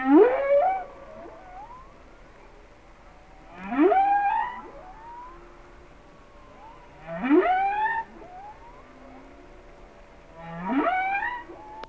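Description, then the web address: Humpback whale song: sharp upswept whoops repeated about every three and a half seconds, with faint squeaks and short tones in the gaps. "Whale Songs Sounds of Nature - Humpback Whales"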